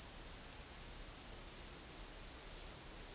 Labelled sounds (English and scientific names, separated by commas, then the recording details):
none
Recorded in dense forest near Puerto Asís, Putumayo, Colombia, on 24 March 2025 at 16:00
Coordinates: 0.499, -76.324
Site GP03